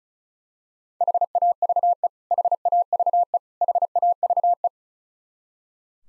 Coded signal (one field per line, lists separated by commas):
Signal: Morse code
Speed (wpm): 36 wpm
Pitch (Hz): 700 Hz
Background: none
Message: HAVE HAVE HAVE